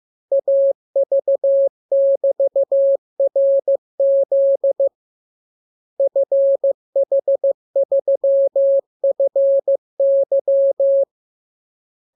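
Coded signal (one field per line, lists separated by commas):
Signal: Morse code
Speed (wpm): 15 wpm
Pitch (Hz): 550 Hz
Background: none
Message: AV<BT>RZ FH3FY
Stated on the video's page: Morse receiving lesson 31: practice radiogram opening with VVV and a section sign and ending with AR.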